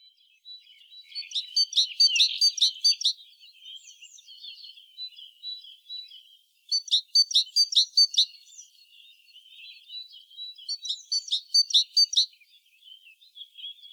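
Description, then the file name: Great tit giving harsh, buzzy chattering calls in three bursts of rapid repeated notes, roughly every five seconds, with soft high twittering between bursts. "Parus major"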